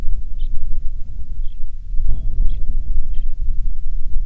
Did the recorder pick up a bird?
yes